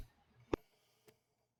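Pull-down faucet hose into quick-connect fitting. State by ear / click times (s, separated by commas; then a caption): seated / 0.5 s. Under the sink, the pull-down hose of a Moen Brecklyn kitchen faucet is pushed into its plastic quick-connect fitting on the supply. A sharp click lands at 0.5 s, followed by a fainter tick near 1.1 s over a quiet low background. The hose is seated.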